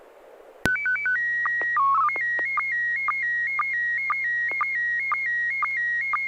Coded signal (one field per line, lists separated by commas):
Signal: SSTV (slow-scan television)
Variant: PD 120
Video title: N6NA SSTV Net - 08/31/2022